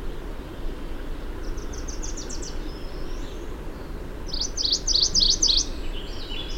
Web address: Mac Gillivray's Warbler Sounds